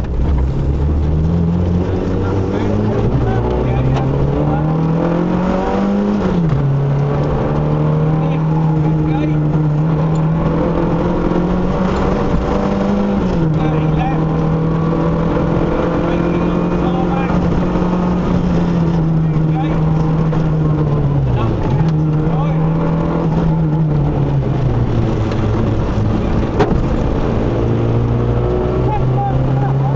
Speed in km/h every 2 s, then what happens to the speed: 29, 45, 64, 76, 76, 92, 100, 108, 111, 100, 74, 66, 52, 63, 68.
0-15 speeds up to 111. 15-23 brakes to 52. 25-30 speeds up to 68.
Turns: 22-30.